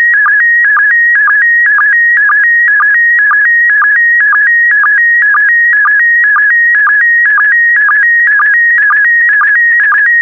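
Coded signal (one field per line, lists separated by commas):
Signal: SSTV (slow-scan television)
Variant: PD120 mode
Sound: continuous warbling tone shifting pitch, with short low chirps about twice a second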